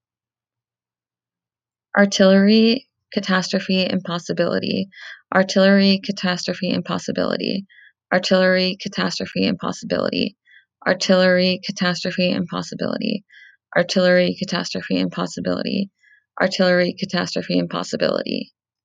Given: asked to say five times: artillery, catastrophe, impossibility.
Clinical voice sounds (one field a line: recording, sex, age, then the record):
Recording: three words, each repeated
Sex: female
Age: 20 to 29 years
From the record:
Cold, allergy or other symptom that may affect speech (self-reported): no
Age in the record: 25 years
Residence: Pennsylvania, United States